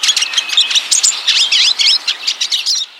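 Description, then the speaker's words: Pine siskins chattering, a dense run of rising notes and quick twittering chirps overlapping steadily for about three seconds. Chatter of hungry pine siskins at a thistle feeder. "the chatter of hungry pine siskins at a thistle feeder."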